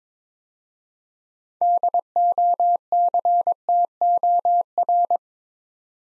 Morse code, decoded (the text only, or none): DOCTOR